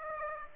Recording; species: mosquito wingbeat signal from an infrared sensor; Aedes aegypti